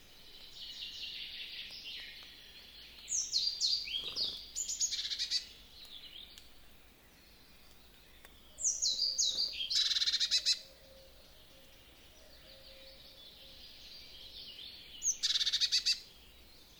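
Birds sing over a soft seasonal ambience, with bright chattering bursts around 3, 9 and 15 seconds, and a faint low tone near 9 seconds.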